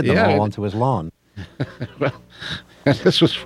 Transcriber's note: chuckles